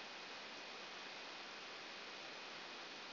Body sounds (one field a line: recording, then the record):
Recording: brain microelectrode recording played as sound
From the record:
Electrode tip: outside the subthalamic nucleus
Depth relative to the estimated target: -3 mm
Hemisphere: left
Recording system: AlphaMap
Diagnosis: Parkinson's disease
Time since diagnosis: 11 years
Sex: female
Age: 60 years